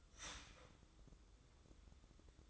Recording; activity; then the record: daily activity, microphone in the room; start toaster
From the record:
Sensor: 3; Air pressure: 995.2 hPa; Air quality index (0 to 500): 75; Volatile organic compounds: 5 ppm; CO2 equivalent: 1747 ppm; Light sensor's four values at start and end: 18/55/23/20 and 18/55/23/20